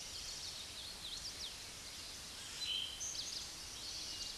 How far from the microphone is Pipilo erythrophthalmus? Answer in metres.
about 30 m